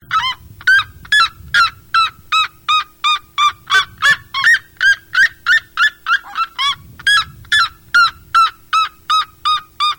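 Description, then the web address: Red-legged seriema calling: a long rapid run of ringing, nasal yelps, nearly three each second, slightly uneven in pitch, with soft low background rumble. "cantos chunaroja"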